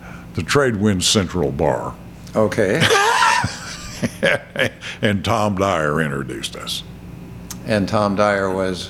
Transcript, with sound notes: The Trade Wind Central bar. (Laughing) And Tom Dyer introduced us.
And Tom Dyer was…?